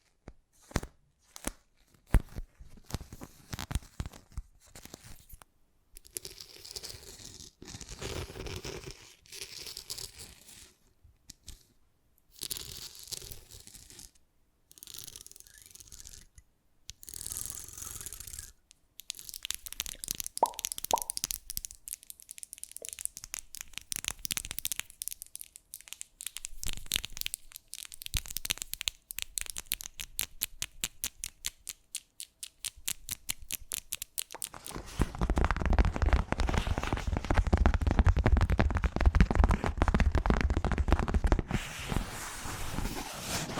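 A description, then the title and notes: Quick ASMR triggers switch constantly: crisp tearing, crinkling and crunching bursts, sharp taps and clicks, with brief silent gaps between them. The middle stretch turns into rapid, dense ticking, and from about 35 seconds a fuller, rougher rustling takes over until the end. ASMR Fast Changing Unpredictable Triggers (No Talking).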